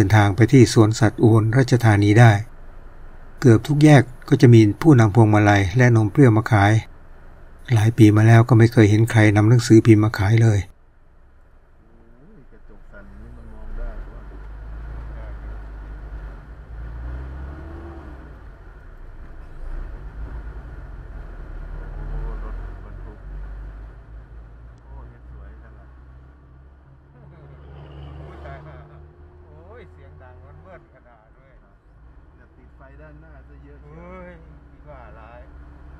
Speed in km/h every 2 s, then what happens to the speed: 6, 0, 0, 0, 0, 0, 3, 0, 5, 12, 15, 21, 28, 35, 40, 43, 45, 47.
0-2 slows to 0. 2-14 standing. 14-36 pulls away to 47.